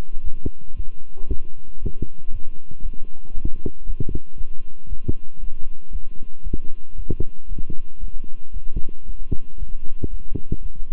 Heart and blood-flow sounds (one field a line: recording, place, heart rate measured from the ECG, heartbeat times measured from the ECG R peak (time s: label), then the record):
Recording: heart sounds by stethoscope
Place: between the tricuspid and mitral areas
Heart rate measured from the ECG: 116 bpm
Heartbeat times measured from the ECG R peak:
0.23 s: heartbeat
0.75 s: heartbeat
1.28 s: heartbeat
1.79 s: heartbeat
2.30 s: heartbeat
2.81 s: heartbeat
3.34 s: heartbeat
3.85 s: heartbeat
4.36 s: heartbeat
4.88 s: heartbeat
5.40 s: heartbeat
5.91 s: heartbeat
6.43 s: heartbeat
6.95 s: heartbeat
7.48 s: heartbeat
8.00 s: heartbeat
8.52 s: heartbeat
9.05 s: heartbeat
9.58 s: heartbeat
10.09 s: heartbeat
10.61 s: heartbeat
From the record:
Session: walking at 3.7 km/h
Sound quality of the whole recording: good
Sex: male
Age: 26 years